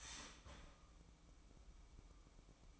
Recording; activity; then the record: daily activity, microphone in the room; start toaster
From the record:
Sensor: 1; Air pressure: 1007.3 hPa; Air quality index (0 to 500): 79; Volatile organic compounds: 1 ppm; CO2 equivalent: 679 ppm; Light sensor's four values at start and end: 7/17/7/7 and 7/17/7/8